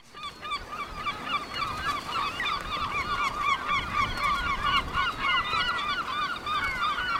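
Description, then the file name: Seabirds in a dense chorus of quick harsh calls, many birds overlapping in a steady rapid rhythm. Seabirds at Cap Fréhel. "oiseaux marins au cap frehel"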